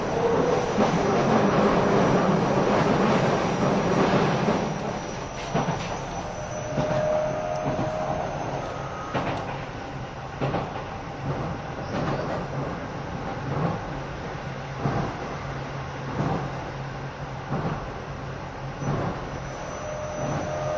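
A train runs along with a steady low rumble and rattle that is loudest over the first five seconds, then eases to a lower, even level. Regular clicks of wheels over rail joints repeat roughly every second, with a faint whine drifting above.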